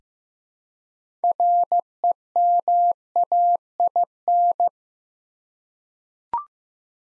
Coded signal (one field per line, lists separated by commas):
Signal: Morse code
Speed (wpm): 15 wpm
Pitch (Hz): 700 Hz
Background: none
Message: REMAIN